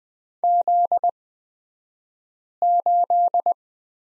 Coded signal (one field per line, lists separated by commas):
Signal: Morse code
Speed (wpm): 20 wpm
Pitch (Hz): 700 Hz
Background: none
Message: Z8